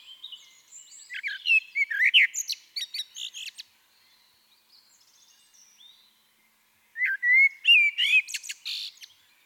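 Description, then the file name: Eurasian blackbird singing two phrases: mellow whistled warbles, each ending in high, squeaky twittering notes, with a quiet pause between them. "Turdus merula"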